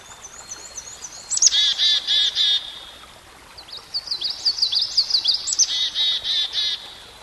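Songbird song: high wavering twitter breaking into a loud buzzy pulsed burst, then more rapid twittering running into another buzzy burst.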